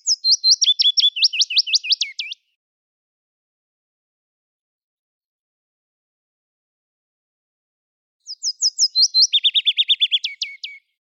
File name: Fitis Kroondomein 25 april 2021 08 uur 48